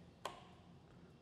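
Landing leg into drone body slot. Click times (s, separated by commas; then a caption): 0.3 s. A landing leg is pushed into its slot on the underside of a new drone body until it snaps into place. A single sharp, bright click sounds at 0.3 s over a quiet, low background hum. The leg is confirmed seated.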